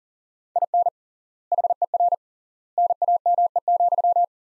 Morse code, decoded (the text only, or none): IN HER NAME,